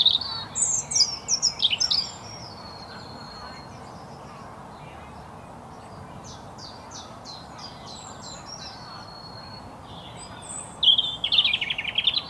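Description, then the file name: European robin singing: a tumbling, twittering high phrase, a long pause, then thin repeated notes and sliding whistles. "Erithacus rubecula"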